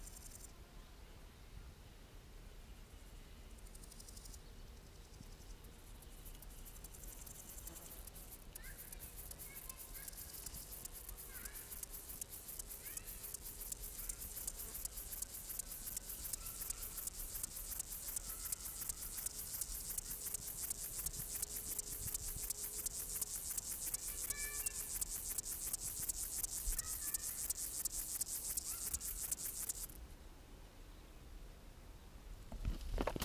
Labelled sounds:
Upland Field Grasshopper stridulation
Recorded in the wild
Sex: male
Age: imago
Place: Summt, Grundstück, Brandenburg, DE
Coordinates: 52.6931, 13.3619
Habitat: Garten, Wiese
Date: 1971-07-24 15:11
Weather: diesig, gewittrig, 30°C
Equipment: Uher 4000 Report-Monitor, Sennheiser MD 421
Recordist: Tembrock, Günter
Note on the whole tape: Summt, Grundstück - Wiese: Stridulation (als Beleg 1 gefangen)

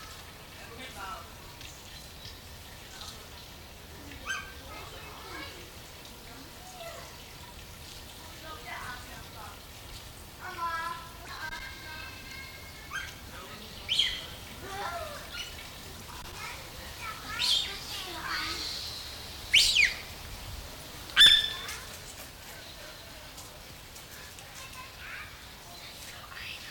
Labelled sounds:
Harpy Eagle
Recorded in captivity
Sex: pair
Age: adult
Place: Tiergarten Nürnberg, Bayern, DE
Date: 1993-09-14 12:24
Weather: 12°C, bedeckt
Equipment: Marantz CP 430, Sennheiser MKH 416 T, Kopie Uher Variocord 263
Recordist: Tembrock, Günter

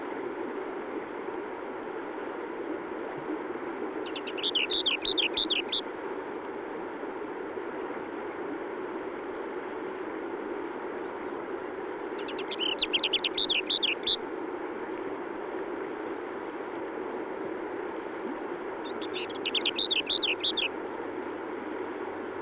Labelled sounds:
Lesser Whitethroat song
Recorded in the wild
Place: Dzhalmyn, MN
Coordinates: 48.166, 107.736
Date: 1979-06-10 06:15
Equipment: Nagra III BH, Sennheiser MD 21, parabola
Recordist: Schubert, Michael
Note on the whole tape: Gesang Klappergrasmücke

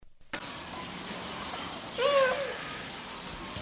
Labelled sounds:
Cheetah
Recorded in captivity
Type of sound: meow, snorting
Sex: male
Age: adult
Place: Zoo Halle, Sachsen-Anhalt, DE
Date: 1983-04-09 15:35
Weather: heiter, 12°C
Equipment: Nagra SN, Kopie Uher 4000 Monitor
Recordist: Tembrock, Günter
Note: Männchen: Maunzen, durch Beobachter ausgelöst und Kurzlaut

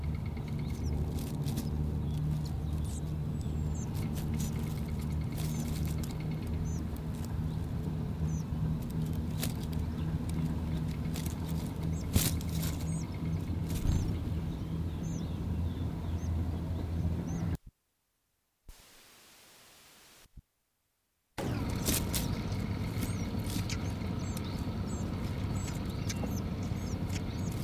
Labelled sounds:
Willow Warbler
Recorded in the wild
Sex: female
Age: diverse
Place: Lichtenbergerhöhe, Tübingen, Baden-Württemberg, DE
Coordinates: 48.5147, 9.03611
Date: 1967-06-26 11:18
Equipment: Nagra III PH, MD 421, LGS26
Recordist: Schneider, Hans-Joachim

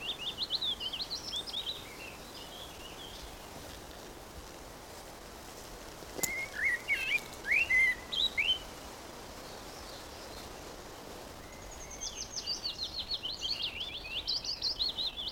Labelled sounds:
Willow Warbler
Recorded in the wild
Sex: male
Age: adult
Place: Summt, Brandenburg, DE
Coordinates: 52.687, 13.374
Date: 1992-05-23 15:10
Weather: 23-24°C, böiger Wind
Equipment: Nagra SN, Mikrofon AKG CK 8, Kopie Tesla B 116
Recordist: Tembrock, Günter

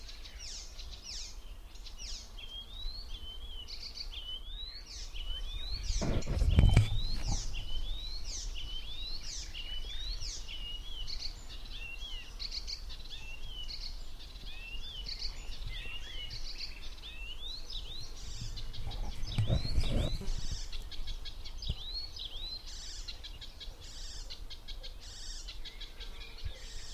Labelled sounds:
Icterine Warbler song
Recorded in the wild
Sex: male
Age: adult
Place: Falkenberger Rieselfelder, Barnim, Berlin, DE
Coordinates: 52.578, 13.548
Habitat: poplar copse
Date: 1991-06-02
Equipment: Uher Report Monitor (Halbspur), Sennheiser ME 80, K 30 AV (III)
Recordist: Frommolt, Karl-Heinz

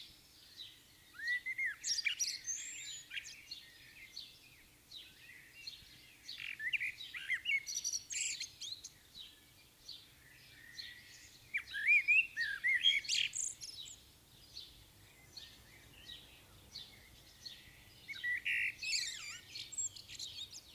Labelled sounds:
Common Blackbird song
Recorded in the wild
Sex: male
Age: adult
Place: Bielefeld-Mitte, Nordrhein-Westfalen, DE
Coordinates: 52.0075, 8.54833
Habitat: residential district
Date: 1968-06-30
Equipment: Uher 4000 Report-S, Bändchenmikro Beyer M 260, Parabolspiegel Polyester (470 mm)
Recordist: Conrads, Klaus
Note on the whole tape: Bielefeld, Am Tiefen Weg 17. Männchen auf dem Haus: Gesang, kein Pfeifmotiv

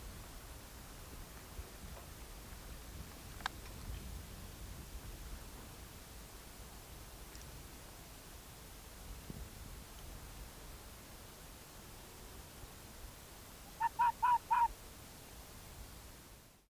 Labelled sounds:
Arctic Fox
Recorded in the wild
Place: Insel Mednyi, Kommandeur-Inseln, RU
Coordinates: 54.5167, 168.083
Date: 1999-06-29 21:33
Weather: leichter Nebel, 5°C, fast windstill
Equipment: Sony WM-D6C, Sennheiser MKH 70, Windkorb, Kopie Sony TCD-D8
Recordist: Frommolt, Karl-Heinz

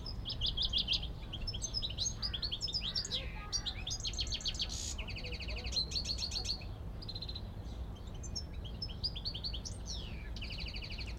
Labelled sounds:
Common Chaffinch
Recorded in the wild
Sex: male
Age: adult
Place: Zoo Berlin, Berlin, DE
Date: 1994-05-28 12:43
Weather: bedeckt, 12-15°C
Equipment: Marantz CP 430, Sennheiser ME 80, Kopie Uher Variocord 263
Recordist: Tembrock, Günter

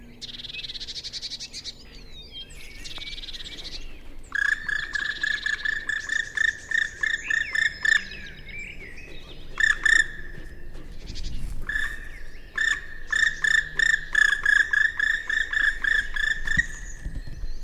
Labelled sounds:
Black Woodpecker flight call
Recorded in the wild
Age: adult
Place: Bernau bei Berlin, Forst Bernau, Brandenburg, DE
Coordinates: 52.695, 13.5233
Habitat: wood
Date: 2007-04-07 19:24
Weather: heiter, 10°C, mäßiger Wind
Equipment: Sound Devices 702, Sennheiser MKH 70, Windkorb
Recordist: Frommolt, Karl-Heinz

